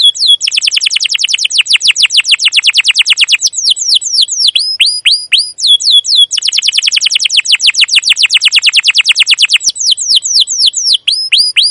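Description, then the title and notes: Canary song: two long bursts of very fast chirp trills, each ending in slower hooked whistles. Canary singing continuous 'cuit cuit ngerol' chirping and rolling song, described as long; used as a lure to train young canaries to learn song. "CUIT CUIT NGEROL LANGSUNG GACOR PANJANG Kenari Ini AMPUH Utk Pancingan KENAR. PANCINGAN Kenari GACOR PANJANG Cuit CUIT EMOSI ini AMPUH utk MASTERAN Kenari PAUD belajar BUNYI. burung kenari"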